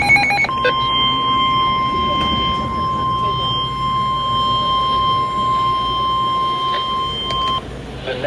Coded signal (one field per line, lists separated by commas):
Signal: Emergency Alert System (SAME) tones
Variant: 1050 Hz attention tone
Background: speech